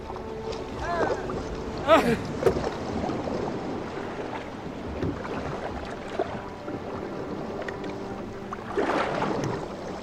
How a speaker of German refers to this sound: An die Riemen. Sabu. Kurs Steuerbord.